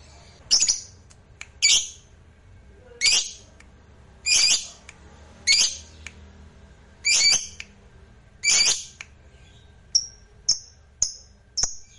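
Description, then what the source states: Lovebird song of harsh, squawking bursts about every second and a half, ending in a run of short, sharp, high whistled chirps. Fighter lovebird singing energetically (gacor).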